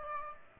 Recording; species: mosquito wingbeat signal from an infrared sensor; Aedes aegypti